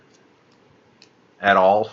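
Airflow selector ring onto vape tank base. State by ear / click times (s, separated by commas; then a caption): not seated / none. Someone tries to push an airflow selector ring onto a vape tank base the wrong way up, and it won't go on at all. A faint tick is heard around 1.0 seconds as someone talks. The ring has not seated or clicked into place.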